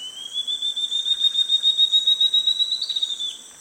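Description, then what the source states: Ocellated antbird call: a long, thin whistle slowly rising in pitch over about three seconds with a fast wavering pulse. In Panama, following army ant swarms, clinging to a thin plant stem and catching flying insects flushed by the ants.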